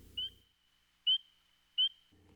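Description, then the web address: Spring peeper giving three clear, high, upward-slurred peeps spaced under a second apart, with faint low rumbling at the start and end. "Dan Gibson Wildlife Identification By Sound, Eastern North America Pt 1. Spring Peeper Frog"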